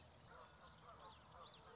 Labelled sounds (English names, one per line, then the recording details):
Common Yellowthroat
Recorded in Sonoma County, California